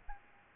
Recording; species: mosquito wingbeat signal from an infrared sensor; Aedes albopictus